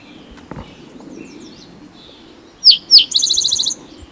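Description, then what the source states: Spotted Towhee gives two strong downward notes and a rapid rattling trill. Individual number one, recorded in Rhodes Canyon, Utah County, Utah, June 22, 2010.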